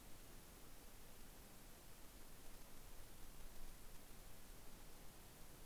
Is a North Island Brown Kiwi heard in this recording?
no